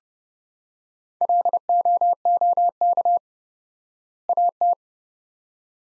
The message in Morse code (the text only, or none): LOOK AT